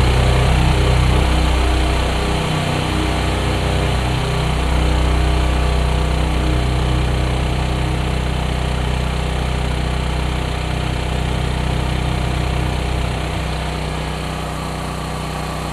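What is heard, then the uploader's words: A portable gasoline-powered generator runs steadily, its low engine drone filling the whole clip with a constant rumble and a buzzy hum layered above. The level holds nearly even throughout, with only slight swells in the deep throb during the first few seconds. Portable gasoline-powered generator recorded in Darlington, MD. By Dan Bodah.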